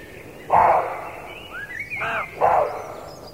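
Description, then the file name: Roe deer uttering three hoarse barks at uneven intervals, the last two close together, while a bird's thin rising chirps sound faintly between them. Male roe deer (roebuck). "srnec"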